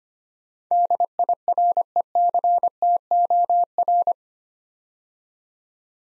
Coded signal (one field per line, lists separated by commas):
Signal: Morse code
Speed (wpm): 25 wpm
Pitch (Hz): 700 Hz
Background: none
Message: DIRECTOR